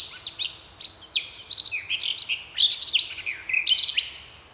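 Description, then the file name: Eurasian blackcap song: a dense run of chattering warbles and loud, clear whistles, delivered continuously and fast. "Sylvia atricapilla"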